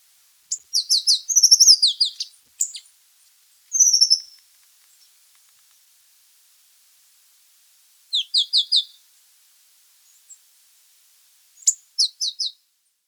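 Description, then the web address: Red-hooded tanager song: bursts of very high, sharp chirps and quick descending notes in clusters, with pauses between phrases; nothing else audible. Ecuador. "Birds of Ecuador. Red-Hooded Tanager"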